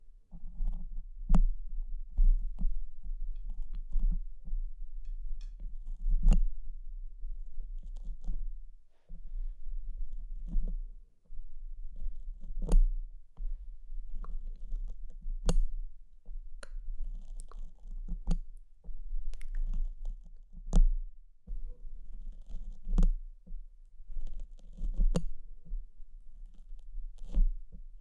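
Pinching and scratching sounds: a steady low rumble runs underneath, with soft rubbing scrapes in the lower range and sharp, bright clicks snapping out irregularly every second or two. The sound briefly drops out near nine and eleven seconds before resuming.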